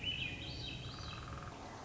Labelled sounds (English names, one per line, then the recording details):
Swainson's Thrush
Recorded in Sonoma County, California